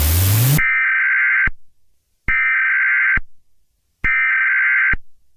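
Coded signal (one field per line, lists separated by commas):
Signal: Emergency Alert System (SAME) tones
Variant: header bursts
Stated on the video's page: EAS alarm in a Stick Nodes animated short film, fictional.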